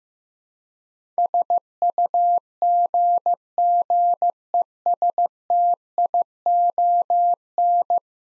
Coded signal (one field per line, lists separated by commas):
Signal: Morse code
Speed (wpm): 15 wpm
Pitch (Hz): 700 Hz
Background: none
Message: SUGGESTION